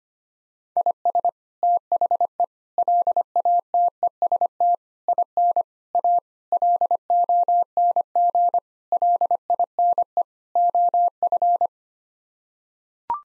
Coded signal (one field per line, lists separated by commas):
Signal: Morse code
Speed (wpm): 25 wpm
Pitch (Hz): 700 Hz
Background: none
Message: IS THE LATEST IN A LONG LINE OF